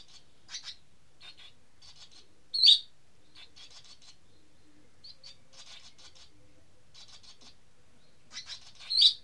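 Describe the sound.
Bird song of rapid, high, scratchy chirps in short bursts throughout, with a few louder, sharper notes standing out. The background is otherwise quiet.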